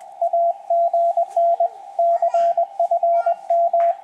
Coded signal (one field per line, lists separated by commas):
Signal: Morse code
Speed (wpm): 20 wpm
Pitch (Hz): 680 Hz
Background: radio noise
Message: AGN CFM